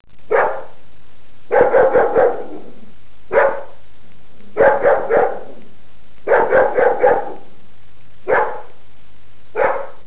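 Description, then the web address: Dog barking in single woofs and quick bursts of three or four, seven groups spread over ten seconds, with a faint steady hum in the background. Domestic dog. "特酷声音素材库 动物 家畜 狗 DOG"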